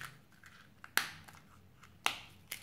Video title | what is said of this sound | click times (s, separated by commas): Jeep Grand Cherokee Key Fob Battery Replacement (1999 - 2004) | just reattach these two halves with a click and | 1.0 s, 2.1 s